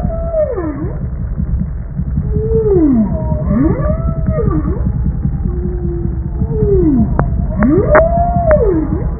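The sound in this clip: Bowhead whale calls: a series of low tonal moans sweeping down and up in U-shaped arcs, over steady low underwater rumble and a few clicks.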